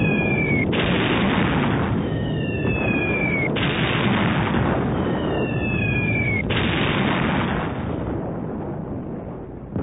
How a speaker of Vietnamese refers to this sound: Tiếng pháo của địch vẫn còn tiếp tục nổ dồn dập sau lưng chúng tôi, dồn dập và đều đặn, nhưng không còn hải hùng kinh khủng nữa.